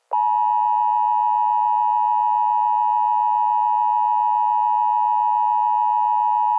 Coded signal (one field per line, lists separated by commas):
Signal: Emergency Alert System (SAME) tones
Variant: 853 and 960 Hz attention tone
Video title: EAS Scenario: Autumn's Ambush